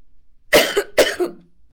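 Two short coughs from an adult.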